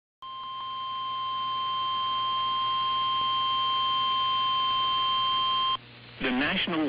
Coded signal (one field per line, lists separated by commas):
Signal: Emergency Alert System (SAME) tones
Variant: 1050 Hz attention tone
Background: speech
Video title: HOORAY FOR MORE BACKLOGGED ALERTS! | EAS Alerts from 6/8/2022 (EAS #1341-1345)